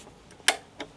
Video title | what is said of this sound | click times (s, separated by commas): ESSENTIAL Tools For Electricians And EV Installers | what happens is you'll hear it clunk basically | 0.5 s